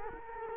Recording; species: mosquito wingbeat signal from an infrared sensor; Culex quinquefasciatus